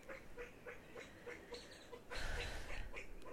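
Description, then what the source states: Pheasant chattering: rapid repeated clucking notes, then a louder burst of broad noise about two-thirds of the way through. Female pheasant chattering loudly outdoors.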